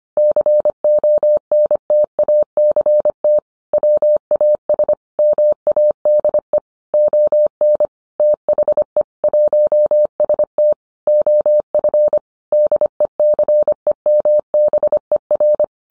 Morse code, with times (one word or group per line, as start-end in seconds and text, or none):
0.2-3.4 CONTACT
3.7-4.9 WAS
5.2-6.6 MADE
6.9-7.9 ON
8.2-9.0 THE
9.2-10.7 1ST
11.1-12.2 OF
12.5-15.6 DECEMBER